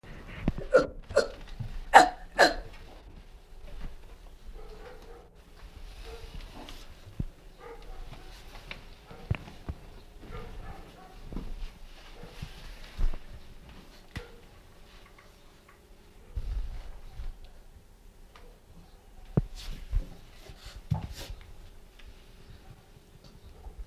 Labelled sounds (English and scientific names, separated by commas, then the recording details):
Chimpanzee (Pan troglodytes)
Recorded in captivity
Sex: male
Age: juvenile
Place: Zoo Magdeburg, Sachsen-Anhalt, DE
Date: 1967-03-18 10:30
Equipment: R 20/1, Sennheiser MD 421
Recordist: Tembrock, Günter
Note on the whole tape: Einjähriges männliches Tier: Laute der Begrüßung (beim Eintreten von Beobachter und Pflegerin, Frl. Töpfer). Dann Laute als Milchflasche gezeigt wird